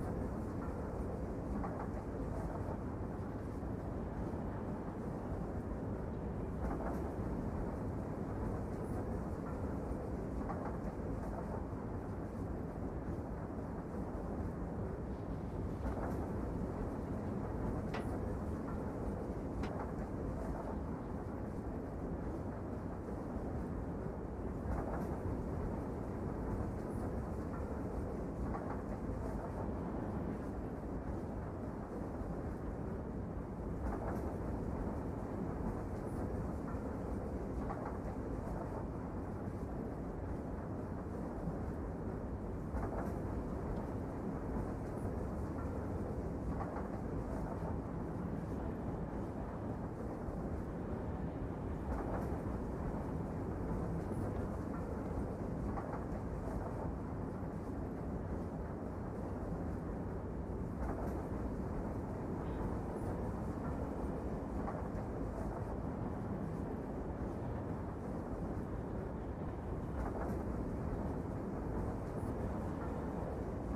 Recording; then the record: background sound without coughing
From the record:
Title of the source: Train Ride Ambience ambient white noise for sleeping, focus, studying, reading